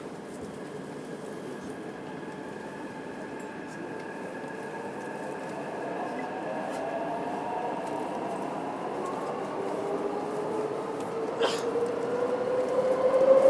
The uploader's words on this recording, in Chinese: 設備：Tascam DR-40x。搭乘臺北捷運淡水線從台北車站到民權西路站。